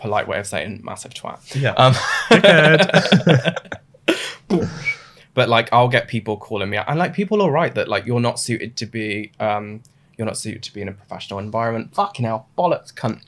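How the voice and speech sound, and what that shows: A man's fluent, conversational speech ends in an abrupt burst of swear words, a coprolalic vocal tic of Tourette syndrome, which was diagnosed suddenly in his early twenties.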